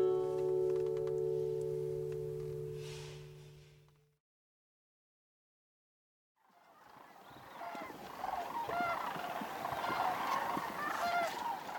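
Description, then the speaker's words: Sandhill crane flock giving dense rolling, rattling bugle calls that overlap continuously in the second half, after a sustained musical tone and a short silence. Cranes flying overhead in the upper Midwest; hearing them is described as a sign that winter is on the way. "you know that winter's on the way when you hear sandhill cranes flying overhead."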